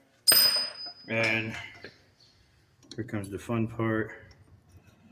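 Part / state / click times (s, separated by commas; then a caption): knotter part into square baler knotter assembly / not seated / none. A new or used replacement knotter part is handled at the knotter assembly of an MF224 square baler. A bright metallic clink rings out near the start, followed by a few faint knocks while someone talks. Nothing has seated or clicked into place yet.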